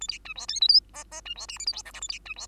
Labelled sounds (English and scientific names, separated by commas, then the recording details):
Bengalese Finch (Lonchura striata domestica) song
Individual Bird2